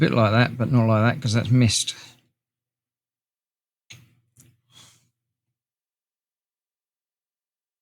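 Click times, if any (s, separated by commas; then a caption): 3.9 s. Someone talks as a wheel-assembly part for a Hachette 1:8 scale Batman Tumbler model, issue 118, is pushed onto its two locating pegs on a second try after the first attempt missed. A sharp pop at 3.9 s marks the part seating in place, followed by a couple of fainter short sounds. The part is confirmed seated.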